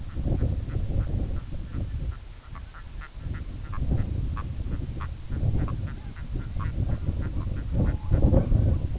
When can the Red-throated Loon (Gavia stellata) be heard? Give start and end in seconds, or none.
0.00-8.91